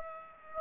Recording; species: mosquito wingbeat signal from an infrared sensor; Aedes aegypti